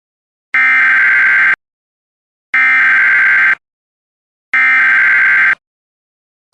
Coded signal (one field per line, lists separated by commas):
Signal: Emergency Alert System (SAME) tones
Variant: header bursts